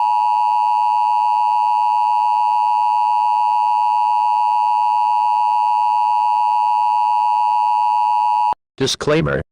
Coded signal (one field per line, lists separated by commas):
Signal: Emergency Alert System (SAME) tones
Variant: 853 and 960 Hz attention tone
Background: speech